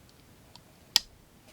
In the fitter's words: course you can see that it's a slip joint if you listen you'll hear it lock in place and disengage